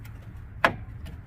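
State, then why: Released. A plastic push clip holding the upper grille to the radiator support on a 2008 Toyota Highlander is pried out with a screwdriver and released. A sharp pop is heard at 0.6 s over a low background hum, followed by a few fainter ticks near 0.1 s and 1.1 s.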